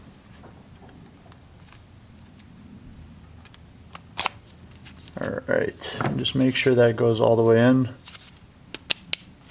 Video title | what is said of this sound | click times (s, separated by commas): Yamaha Grizzly 125 or Breeze 125 Transmission Fix | you could hear it clicking | 8.9 s, 9.1 s